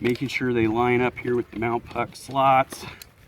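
A mounting puck on a soft motorcycle pannier is being tightened and lined up with the mount slot on a luggage rack while someone talks throughout. The clip ends before the puck pops into the slot, so nothing has seated or clicked yet.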